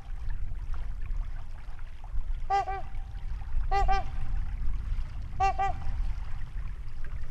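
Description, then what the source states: Trumpeter swan trumpeting in three spaced bursts of brassy, nasal honks, set against steady low-frequency rumble. Trumpeting near a lake in Wisconsin, 2019.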